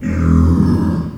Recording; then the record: squeal of a Yucatan mini pig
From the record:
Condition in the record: after surgery on the right vocal fold (resection and tissue-engineered implant); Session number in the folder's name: 12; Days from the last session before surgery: 105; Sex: female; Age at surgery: 19 weeks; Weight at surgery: 25 kg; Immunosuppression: prednisolone